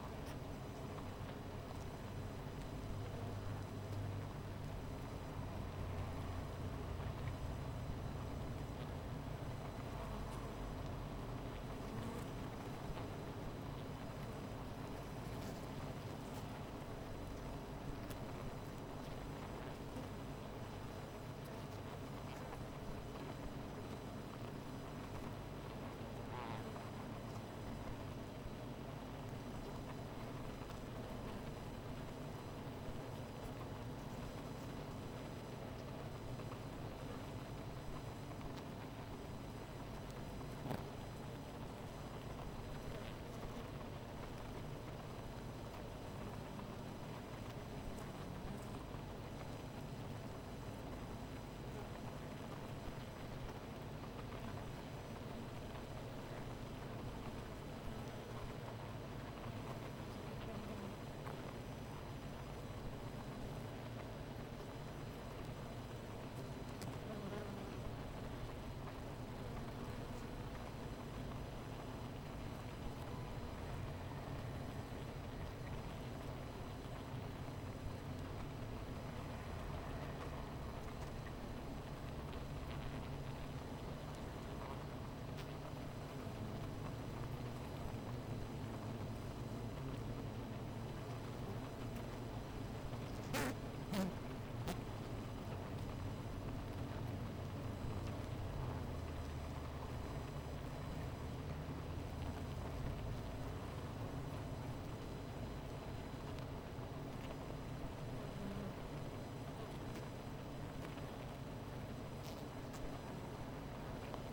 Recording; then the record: honeybee colony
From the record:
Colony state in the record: missing queen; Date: 14 July 2017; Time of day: 16:57